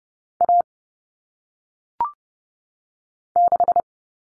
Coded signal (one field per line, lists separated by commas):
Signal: Morse code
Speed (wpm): 30 wpm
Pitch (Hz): 700 Hz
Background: none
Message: A 6